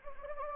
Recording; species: mosquito wingbeat signal from an infrared sensor; Anopheles gambiae